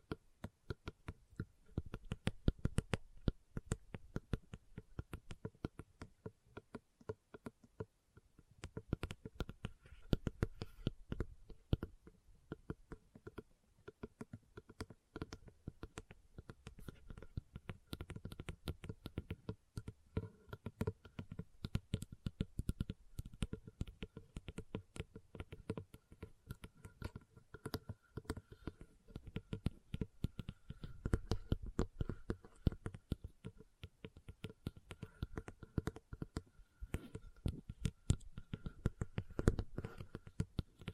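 Leather being tapped and scratched in dense, irregular clicks and rubs, with a brief quieter pause around eight seconds before steady activity resumes.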